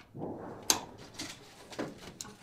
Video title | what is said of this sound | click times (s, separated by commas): Comfosystems Installation 2 | Do you feel it sort of snap into its stop position? Yeah, it goes right to, there's a stop point, yeah. It snaps right in. | 0.7 s